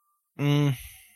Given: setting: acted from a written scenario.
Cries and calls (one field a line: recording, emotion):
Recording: vocal sound without words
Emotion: neutral